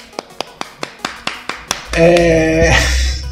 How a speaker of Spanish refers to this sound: Mira cómo te aplaudo.